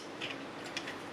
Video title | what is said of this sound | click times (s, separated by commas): CountEasy 2 Money Counting Scales - Unboxing - Set Up For First Use | the UK bit just clips in, clicks into place. | 0.8 s